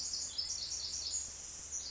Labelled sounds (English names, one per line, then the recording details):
Pacific Wren
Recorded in Sonoma County, California